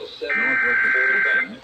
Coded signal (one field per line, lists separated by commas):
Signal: Emergency Alert System (SAME) tones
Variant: header bursts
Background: speech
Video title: The rest of April’s scrimmage - EAS Alerts from Mid-Late April and early May [EAS #859-907]